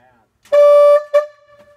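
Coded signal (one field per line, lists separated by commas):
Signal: whistle signal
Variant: cable logging yarder whistle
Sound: a steam-style whistle blows one long blast, then one short blast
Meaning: Long then short signals quitting time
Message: 1 long, 1 short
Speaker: and then long a short it's quittin whistle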